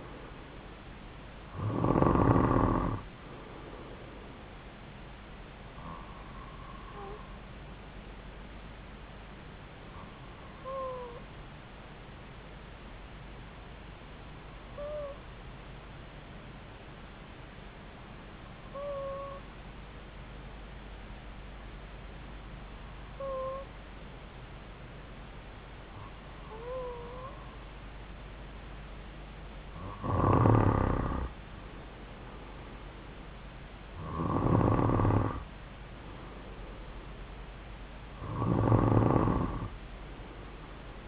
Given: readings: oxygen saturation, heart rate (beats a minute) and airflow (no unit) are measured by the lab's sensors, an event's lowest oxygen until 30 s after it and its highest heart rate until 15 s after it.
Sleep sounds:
breathing in sleep by a voice recorder at the bedside; 1
11.00-28.80 s: hypopnea (N2, oxygen 96% highest, then 92% lowest)
From the record:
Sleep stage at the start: N2 (light sleep); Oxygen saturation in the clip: 91 to 96%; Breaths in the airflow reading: 10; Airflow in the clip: -3.5 to 3.9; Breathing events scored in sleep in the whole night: 270 in 6.1 hours asleep

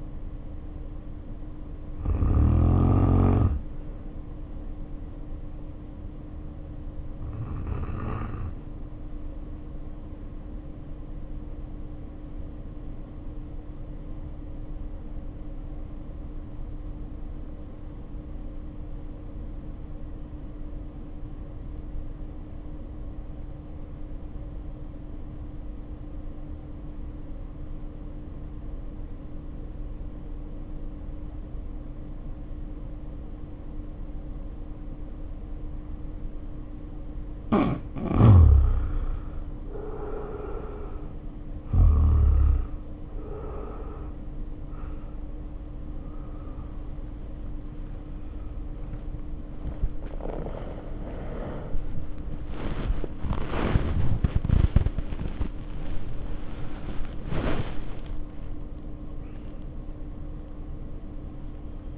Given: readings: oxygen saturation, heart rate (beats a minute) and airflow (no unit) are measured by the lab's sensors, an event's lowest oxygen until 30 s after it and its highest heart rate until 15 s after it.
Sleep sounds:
breathing in sleep by a smartphone at the bedside; 1
10.00-43.20 s: hypopnea (N1, oxygen 95% highest, then 76% lowest, heart rate 47 at the start, 73 highest)
12.00-42.00 s: new sleep stage, N2 (light sleep)
42.00-61.97 s: awake
42.00-61.97 s: new sleep stage, awake
From the record:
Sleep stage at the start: N1 (lightest sleep); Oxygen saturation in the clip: 79 to 95%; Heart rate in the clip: 47 to 79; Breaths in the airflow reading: 17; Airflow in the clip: -3.3 to 3.4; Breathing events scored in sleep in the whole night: 520 in 7.2 hours asleep

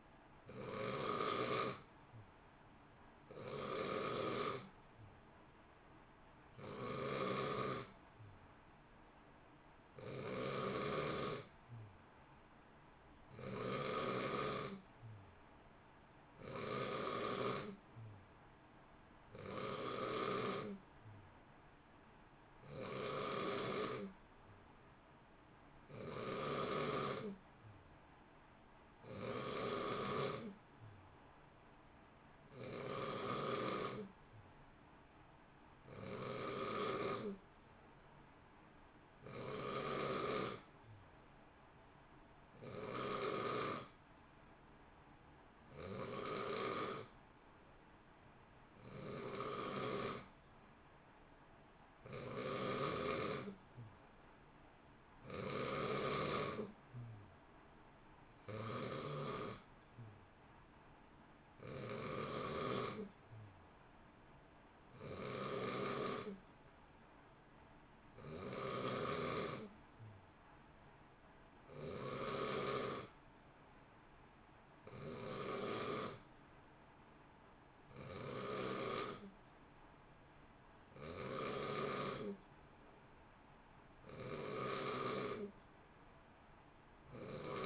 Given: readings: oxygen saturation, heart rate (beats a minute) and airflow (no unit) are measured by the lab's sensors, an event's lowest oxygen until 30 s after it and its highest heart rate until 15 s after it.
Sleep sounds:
breathing in sleep by a voice recorder at the bedside; none
none scored
From the record:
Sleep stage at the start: N2 (light sleep); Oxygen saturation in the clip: 89 to 92%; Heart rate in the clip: 58 to 63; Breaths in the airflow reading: 33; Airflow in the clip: -0.9 to 0.8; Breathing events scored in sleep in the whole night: 328 in 6.3 hours asleep

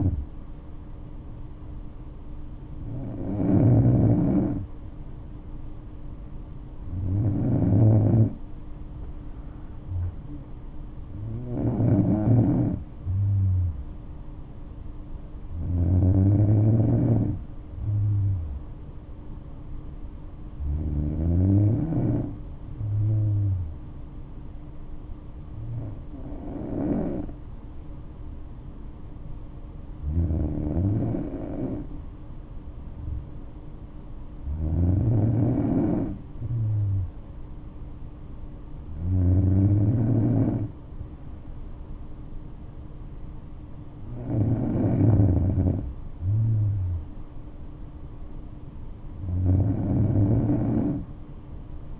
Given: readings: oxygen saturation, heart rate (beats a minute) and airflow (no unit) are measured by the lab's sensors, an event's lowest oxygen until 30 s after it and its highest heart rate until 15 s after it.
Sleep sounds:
breathing in sleep by a smartphone at the bedside; none
none scored
From the record:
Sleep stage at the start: N2 (light sleep); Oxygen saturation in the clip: 94 to 96%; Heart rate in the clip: 61 to 71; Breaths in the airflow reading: 12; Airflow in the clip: -5.8 to 7.6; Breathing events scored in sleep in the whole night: 228 in 5.4 hours asleep

